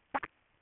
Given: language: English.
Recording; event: throat vibration sensor signal played as sound; swallow